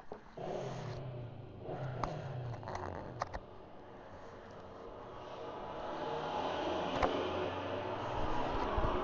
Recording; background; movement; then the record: deep breathing; traffic; sitting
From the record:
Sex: female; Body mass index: 18.8 kg/m2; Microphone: on the chest, facing outward